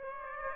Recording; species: mosquito wingbeat signal from an infrared sensor; Aedes aegypti